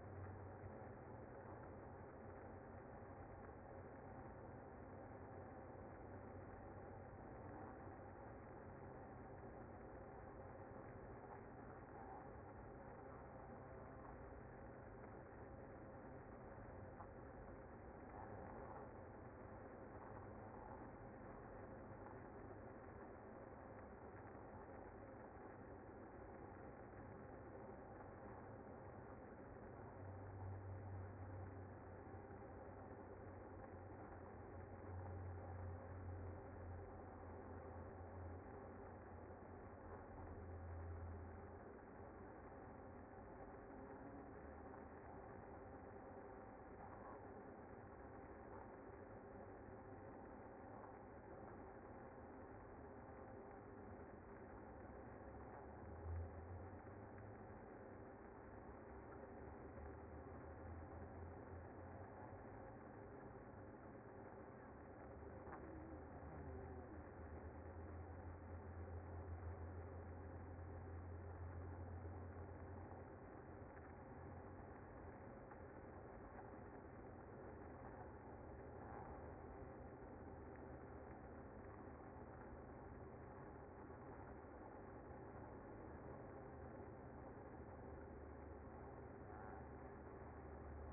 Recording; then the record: honeybee colony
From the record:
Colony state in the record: active